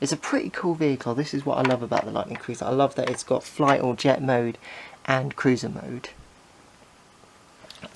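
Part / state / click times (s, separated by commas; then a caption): moving plastic part on a toy transforming car / seated / 7.7 s. Someone talks about a plastic transforming toy car, the Power Rangers Turbo Lightning Cruiser, while switching it from jet mode to cruiser mode. After the talking stops near 6 s, there is a stretch of quiet. A moving plastic part is pushed all the way up and clicks into place, locking at 7.7 s.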